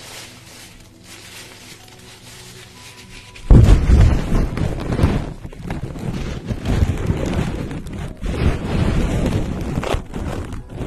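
A facial treatment begins with a low, steady hum and a faint tone for about three seconds. Then a loud burst of hissing steam cuts in and continues as a dense, rushing wash with small rises and dips through to the end.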